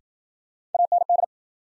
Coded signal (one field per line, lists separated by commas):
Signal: Morse code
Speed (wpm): 53 wpm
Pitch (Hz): 700 Hz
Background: none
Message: AND